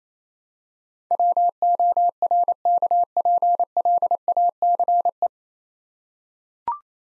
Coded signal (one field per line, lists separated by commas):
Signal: Morse code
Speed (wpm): 28 wpm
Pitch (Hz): 700 Hz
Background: none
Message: WORKPLACE